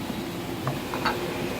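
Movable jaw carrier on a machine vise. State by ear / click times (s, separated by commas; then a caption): not seated / none. The upper movable jaw carrier is handled and brought onto the body of a machine vise on a Teco tower, with a few light handling knocks around 0.7 s and 0.9 s over a steady low hum. The carrier has not yet snapped into place; nothing has seated or clicked yet.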